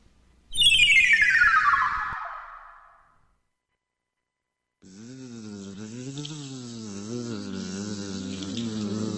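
A bright descending swoop fades into a brief silence, then a steady bee-like buzzing drone begins, wavering gently up and down in pitch and holding at moderate loudness.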